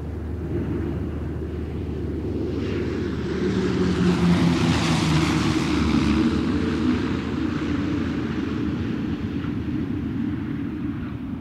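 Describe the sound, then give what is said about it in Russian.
An airplane taxis briskly up to waiting generals in the wet, with a steady low engine drone, and a whooshing jet roar that swells through the middle and then eases back to a constant hum. “Самолет лихо подкатил к мокрым генералам.”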